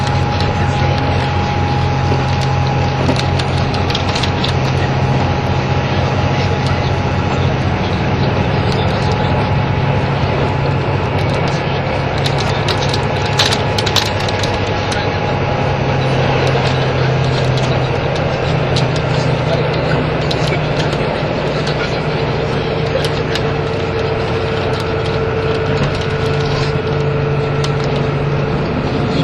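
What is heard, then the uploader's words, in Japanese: Inside a diesel express train under way, a loud, steady engine drone fills the recording, its low pitch stepping up around the middle and again later. A thin whine runs over it, with rattles and clicking from the running gear throughout. 1021,キハ85系 ひだ01号02 (飛騨金山)～飛騨古川。走行音(音の旅) 1021,キハ85系 ひだ01号。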